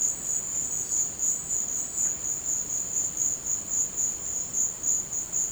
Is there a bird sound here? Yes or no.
no